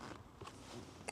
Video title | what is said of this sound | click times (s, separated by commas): Mercedes-Benz Auxiliary Battery Replacement And Battery Issue | And then all we're going to do is just slide it back into place until we hear the click. | 1.1 s